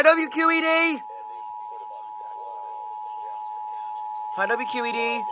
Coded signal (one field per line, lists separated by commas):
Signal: Emergency Alert System (SAME) tones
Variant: 853 and 960 Hz attention tone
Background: speech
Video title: EAS 3314-3325: Pennsylvania Required Monthly Test for July 2022